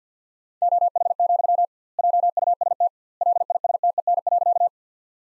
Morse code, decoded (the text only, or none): OH, JUST LISTEN.